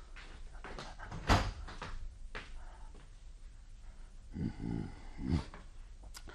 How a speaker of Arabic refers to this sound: خلاص قومي فاخرجي واغلقي الباب في حرص في حذر.